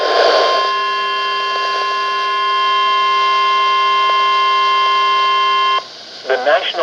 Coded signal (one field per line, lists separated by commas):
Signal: Emergency Alert System (SAME) tones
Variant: 1050 Hz attention tone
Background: speech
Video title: Severe Thunderstorm Warnings including Double Header (EAS #1386-1389)